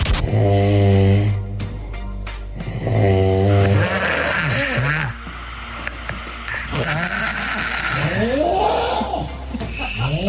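A compilation of snoring from several sleeping people in Adelaide, heard at home at night, including a two-year-old toddler and a dog.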